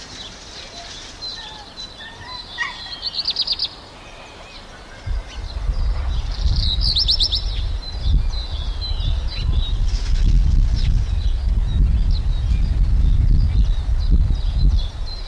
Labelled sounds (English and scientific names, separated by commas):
Black Redstart (Phoenicurus ochruros) song